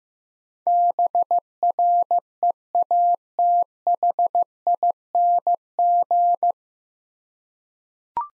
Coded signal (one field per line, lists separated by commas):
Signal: Morse code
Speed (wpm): 15 wpm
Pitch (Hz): 700 Hz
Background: none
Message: BREATHING